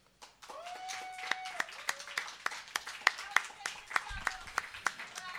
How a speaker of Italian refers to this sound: anche applausi per questo, tra l'altro provengono dal pubblico.